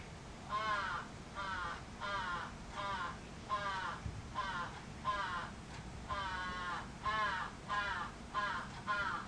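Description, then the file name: Crow repeating harsh, nasal caws in quick succession, with a brief gap near the middle and low background rumble. Recorded 11 July 2011. "karasu 110711 0823"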